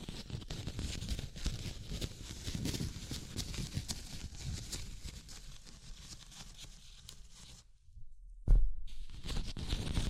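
Tapping, scratching and tracing sounds form a dense, busy stream of soft low thumps and rustly scrapes with frequent short clicks. Around eight seconds the sound drops out almost completely, then returns with a sharp knock and continues at a steadier, slightly louder level.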